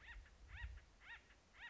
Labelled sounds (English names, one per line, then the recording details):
Acorn Woodpecker
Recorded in Sonoma County, California